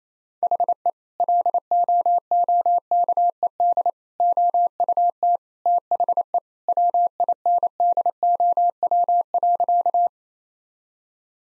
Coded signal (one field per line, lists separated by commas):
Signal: Morse code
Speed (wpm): 27 wpm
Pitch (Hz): 700 Hz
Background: none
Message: HE LOOKED OUT THE WINDOW.